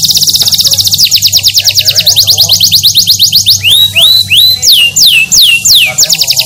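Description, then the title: Canary song opening with a very fast, high, even trill, then shifting to a series of looping upswept whistled notes before another rapid trill. Canary described as gacor, singing vigorously and constantly, said to be capable of winning at national level. "SUARA BURUNG : Kenari Gacor"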